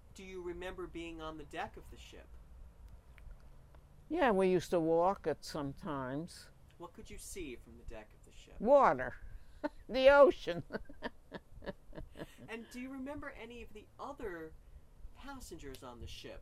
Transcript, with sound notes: Do you remember being on the deck of the ship?
Yeah. We used to walk it sometimes.
What could you see from the deck of the ship? (laughs) And do you remember any of the other passengers on the ship?